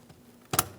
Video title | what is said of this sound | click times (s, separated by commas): How to Replace Ignition Coils 2015-2025 Ford Transit 250 3.7L V6 | Press it straight in. Listen for a click. | 0.5 s